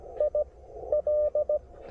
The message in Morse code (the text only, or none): I L